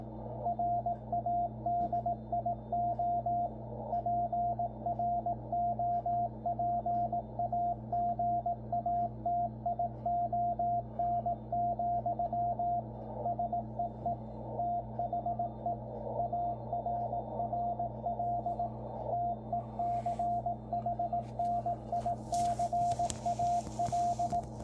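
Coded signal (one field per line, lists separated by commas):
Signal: Morse code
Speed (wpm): 18 wpm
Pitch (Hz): 700 Hz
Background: radio noise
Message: RADIO PROPAGATION, SEE THE ARRL TECHNICAL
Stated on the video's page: CW bulletin on 3581.5 kHz shortwave, received on a Yaesu FTdx10 transceiver with adjusted AGC.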